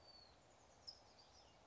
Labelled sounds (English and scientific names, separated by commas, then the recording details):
California Towhee (Melozone crissalis)
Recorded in Sonoma County, California